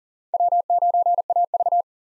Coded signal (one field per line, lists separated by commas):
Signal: Morse code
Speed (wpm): 37 wpm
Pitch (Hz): 700 Hz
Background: none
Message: W9AV